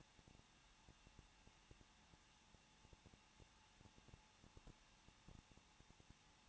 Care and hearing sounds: daily activity, microphone in the room; no activity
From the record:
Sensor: 1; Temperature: 20.1 degrees Celsius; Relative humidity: 39.1%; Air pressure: 1006.4 hPa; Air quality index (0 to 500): 216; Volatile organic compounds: 73 ppm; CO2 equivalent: 3549 ppm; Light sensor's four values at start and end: 1/2/1/1 and 1/2/1/1

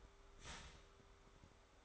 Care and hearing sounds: daily activity, microphone in the room; start toaster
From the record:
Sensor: 3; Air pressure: 1014.7 hPa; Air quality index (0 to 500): 198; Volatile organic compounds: 25 ppm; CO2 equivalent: 2833 ppm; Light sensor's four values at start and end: 4/11/4/4 and 4/11/4/4

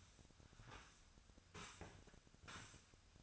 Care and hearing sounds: daily activity, microphone in the room; sweep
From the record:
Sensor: 2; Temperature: 25.5 degrees Celsius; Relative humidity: 38.8%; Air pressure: 1006.8 hPa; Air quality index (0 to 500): 198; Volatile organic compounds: 13 ppm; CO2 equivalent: 2426 ppm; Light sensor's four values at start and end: 9/21/9/9 and 9/22/9/9

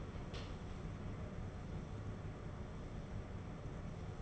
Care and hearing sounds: daily activity, microphone in the room; open door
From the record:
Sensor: 4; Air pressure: 1016.0 hPa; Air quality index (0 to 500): 207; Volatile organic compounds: 12 ppm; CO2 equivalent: 2358 ppm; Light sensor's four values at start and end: 9/20/8/7 and 9/20/8/7

